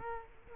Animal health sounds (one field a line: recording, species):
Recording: mosquito wingbeat signal from an infrared sensor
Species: Culex quinquefasciatus